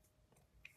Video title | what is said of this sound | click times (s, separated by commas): Exo-Who? The Best Gravity Knife on the Market! - Remette Swordfish RT | oh did you see that clicked into place you got to be careful | 0.6 s